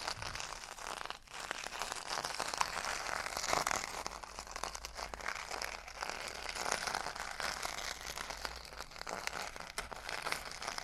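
Metal scrubbers are crunched, rolled and squeezed in a dense, continuous crinkling that fills the whole stretch. The rustle stays bright and busy, with brief sharper crackles around one and three and a half seconds and small swells throughout, and no pauses.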